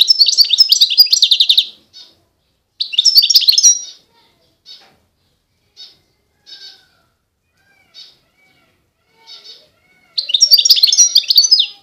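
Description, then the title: European goldfinch song in twittering, trilled phrases, with short isolated chirps scattered between the longer bursts. Wild bird. "اجمل غناءالحسون الخلويchant chardonneret sauvage"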